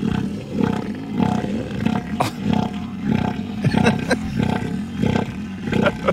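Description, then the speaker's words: Elephant seal roaring in a pulsed rhythm, deep throbbing bursts repeated at a steady beat like a sputtering engine. Played recording of an elephant seal heard on land; each individual has its own sound, likened to a tractor struggling to start. "Altså, skal vi lige prøve at høre, hvordan lyder sådan en søelefant?"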